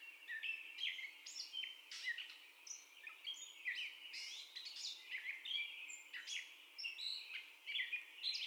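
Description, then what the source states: Catbird singing a rambling string of short varied notes, chirps, slurred whistles and squeaks delivered steadily without repeating, over faint steady hiss. First song, recorded 30 May 2021.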